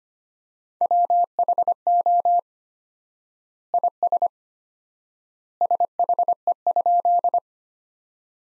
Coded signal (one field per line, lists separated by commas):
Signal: Morse code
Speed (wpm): 25 wpm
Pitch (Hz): 700 Hz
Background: none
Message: WHO IS SHE?